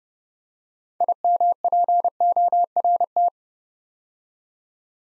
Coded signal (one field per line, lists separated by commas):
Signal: Morse code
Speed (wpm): 30 wpm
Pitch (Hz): 700 Hz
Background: none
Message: IMPORT